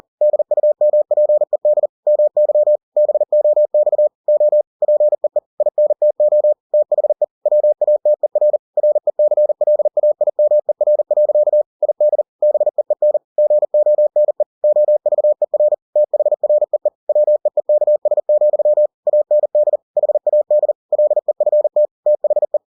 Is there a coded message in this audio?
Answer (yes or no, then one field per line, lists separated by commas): yes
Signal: Morse code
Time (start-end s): 0.2-22.6 s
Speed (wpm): 40 wpm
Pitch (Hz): 600 Hz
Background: none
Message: DUMPED MY BOX O PEE INTO THE WATER RECLAIMER. ID BEEN GONE OVER THREE WEEKS, AND HAD LEFT THE